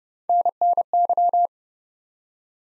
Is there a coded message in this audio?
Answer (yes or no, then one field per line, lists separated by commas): yes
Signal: Morse code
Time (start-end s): 0.3-1.5 s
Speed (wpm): 30 wpm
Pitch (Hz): 700 Hz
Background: none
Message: NNY